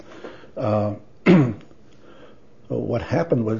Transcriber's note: clears throat